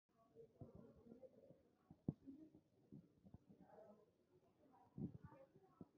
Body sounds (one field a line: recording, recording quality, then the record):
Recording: deep breathing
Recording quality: poor, much background noise or distortion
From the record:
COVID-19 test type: RT-PCR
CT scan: not taken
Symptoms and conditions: cough, cold, loss of smell and taste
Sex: female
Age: 40 years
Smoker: no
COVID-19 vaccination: both doses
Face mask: worn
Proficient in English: yes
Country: India